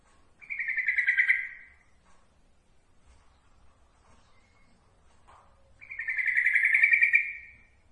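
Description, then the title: Yellow-vented bulbul song: two bubbly, rapidly pulsed phrases roughly five seconds apart, each lasting over a second, with near silence between them. Song used as training material for other birds. "Masteran Ampuh Suara Trucukan"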